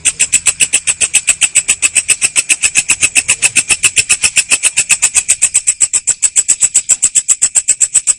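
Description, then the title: Cricket's shrill, fast and regular pulsing trill continuing throughout. Loud cricket chirping ('ngerik') played to make lovebirds keep singing ('ngekek'). "Suara JANGKRIK NGERIK Keras Bikin LOVEBIRD Jadi NGEKEK Terus Vubey"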